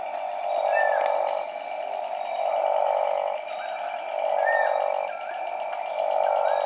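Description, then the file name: Boie's Smooth Horned Frog giving long, droning calls in a steady series, with fainter higher sounds behind. "Proceratophrys boiei"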